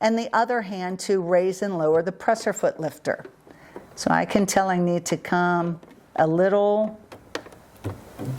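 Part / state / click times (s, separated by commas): presser foot onto sewing machine foot holder / seated / 7.4 s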